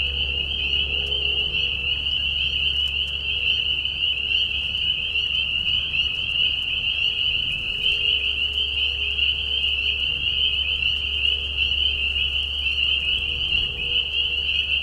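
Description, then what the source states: Continuous spring peeper chorus of shrill, high peeps from many frogs at once, over a persistent deep hum. Peeper frogs giving mating calls in a marsh at night during a very short spring season, Tiny Marsh Conservation Area, Tiny, Ontario; high whistles at low volume.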